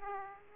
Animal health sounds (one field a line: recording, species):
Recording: mosquito wingbeat signal from an infrared sensor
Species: Aedes aegypti